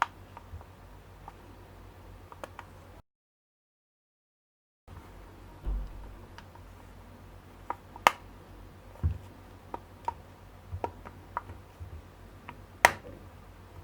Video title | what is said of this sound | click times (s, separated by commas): Samsung J7 Tamiri - Bit Pazarı - Al Tamir et Sat. Restorasyon. | bu şekilde çıtlatan tırnaklar yerine oturuyor | 0.0 s, 8.1 s, 12.9 s